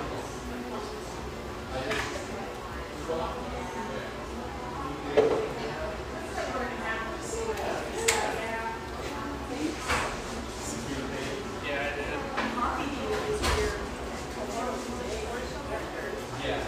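A café fills with a steady murmur of overlapping voices. Chatter stays dense throughout, and sharp knocks and clinks rise above it, most clearly near 5, 8, 10 and 13.5 seconds. A low, even hum runs underneath.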